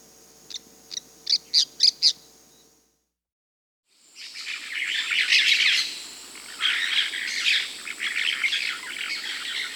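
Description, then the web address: Cobalt-winged parakeet calls: a few sharp, high shrill notes, a second of silence, then a busy run of overlapping scratchy chattering calls. Peru, Amazon. "Birds of the Amazon. Cobalt-winged Parakeet (Brotogeris cyanoptera), Peru"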